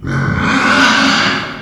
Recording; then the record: squeal of a Yucatan mini pig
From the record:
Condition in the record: after surgery on the right vocal fold (resection and tissue-engineered implant); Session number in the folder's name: 15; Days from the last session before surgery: 175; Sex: female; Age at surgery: 19 weeks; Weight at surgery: 25 kg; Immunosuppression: prednisolone